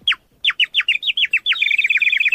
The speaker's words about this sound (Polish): To jest ptaszek gliniany, ręcznie wykonany, tradycyjny, z Emausu.